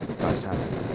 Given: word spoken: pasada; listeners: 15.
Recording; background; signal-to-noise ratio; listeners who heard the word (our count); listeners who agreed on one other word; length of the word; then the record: one Spanish word in noise, from a listening test; noise modulated by three-talker babble; -5.3 dB; 1 of 15; 9 of 15; 0.55 s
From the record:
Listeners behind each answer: 9, 3, 1, 1, 1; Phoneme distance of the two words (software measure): 17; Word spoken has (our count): 3 syllables, 6 phonemes, stress on syllable 2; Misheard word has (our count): 2 syllables, 5 phonemes, stress on syllable 2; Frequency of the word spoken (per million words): 61.36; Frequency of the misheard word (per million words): 157.63